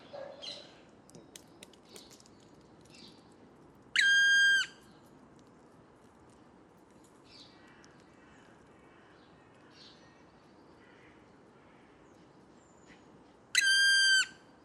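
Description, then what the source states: Black woodpecker giving two loud, drawn-out ringing calls with a steady pitch, each under a second long and about nine seconds apart, with faint chirps in between. One bird perched on a dead tree giving a few calls; Bois de Vincennes woodland, windless cloudless morning, 30 September 2018; Nagra Seven recorder, mono Wildtronic parabolic microphone.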